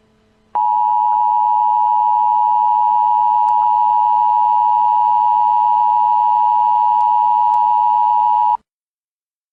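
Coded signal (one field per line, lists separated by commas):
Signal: Emergency Alert System (SAME) tones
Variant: 853 and 960 Hz attention tone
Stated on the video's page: Fictional EAS scenario tones set in an invented world, about the outbreak of war in 1982.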